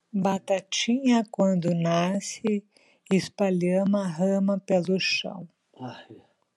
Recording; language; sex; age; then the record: short text; Brazilian Portuguese; female; 60 to 69 years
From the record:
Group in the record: control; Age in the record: 62 years